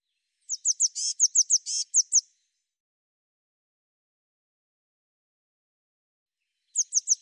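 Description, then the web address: Eurasian blue tit utters a quick run of high, clipped, downslurred notes with buzzy touches, then silence before a fresh series begins at the end. "cianscape birddata Deverinetal 2025 File cleaned normalized Bird Cy Ca"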